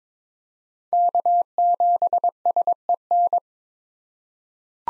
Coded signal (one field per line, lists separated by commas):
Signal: Morse code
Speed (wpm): 22 wpm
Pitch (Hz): 700 Hz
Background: none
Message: K7SEN